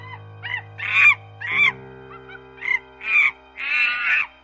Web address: sound Bonobo